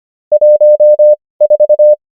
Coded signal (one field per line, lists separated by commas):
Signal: Morse code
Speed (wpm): 25 wpm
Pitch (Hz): 600 Hz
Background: none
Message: 1 4